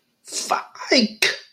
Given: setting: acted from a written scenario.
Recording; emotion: vocal sound without words; realization